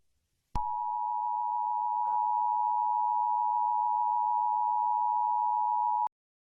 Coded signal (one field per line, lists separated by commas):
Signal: Emergency Alert System (SAME) tones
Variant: 853 and 960 Hz attention tone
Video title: EAS Scenario #4: A Cold Blanket (Ft. Diamondlegendz)